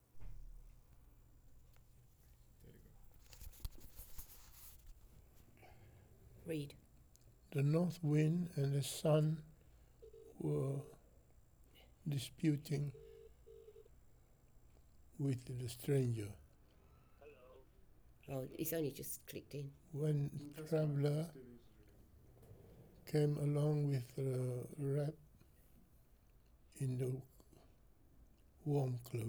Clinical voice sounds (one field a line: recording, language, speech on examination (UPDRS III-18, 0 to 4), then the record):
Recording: text read into a phone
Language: English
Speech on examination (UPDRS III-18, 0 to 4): 3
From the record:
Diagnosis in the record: Parkinson's disease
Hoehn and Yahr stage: 4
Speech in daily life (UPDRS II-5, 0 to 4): 3